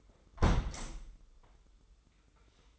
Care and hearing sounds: daily activity, microphone in the room; close window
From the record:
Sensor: 3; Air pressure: 995.7 hPa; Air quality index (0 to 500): 89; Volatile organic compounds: 9 ppm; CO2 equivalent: 2197 ppm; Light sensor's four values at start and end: 27/83/35/30 and 27/82/34/30

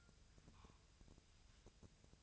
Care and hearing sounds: daily activity, microphone in the room; take from stove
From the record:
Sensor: 2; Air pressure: 999.2 hPa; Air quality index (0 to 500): 196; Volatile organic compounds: 27 ppm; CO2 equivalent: 2894 ppm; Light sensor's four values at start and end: 6/15/6/6 and 6/15/6/6

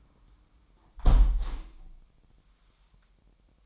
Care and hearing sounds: daily activity, microphone in the room; close window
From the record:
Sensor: 1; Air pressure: 998.6 hPa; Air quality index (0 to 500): 136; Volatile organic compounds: 4 ppm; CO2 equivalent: 1637 ppm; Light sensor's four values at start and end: 10/25/10/12 and 10/24/10/12

